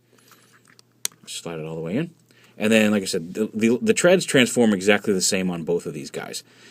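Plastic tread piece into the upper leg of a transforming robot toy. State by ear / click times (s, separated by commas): seated / 1.0 s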